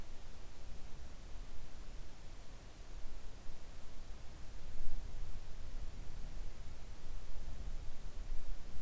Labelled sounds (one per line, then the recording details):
near silence
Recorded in the Arctic National Wildlife Refuge, Alaska, on 3 August 2019 at 05:00
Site 41